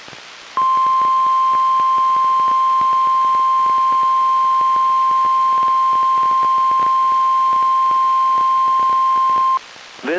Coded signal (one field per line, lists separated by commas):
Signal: Emergency Alert System (SAME) tones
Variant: 1050 Hz attention tone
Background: speech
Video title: EAS #1013-1016: 1 NWR and 3 EAS Required Monthly Tests- Oct. 17, 2024- 10:16AM PDT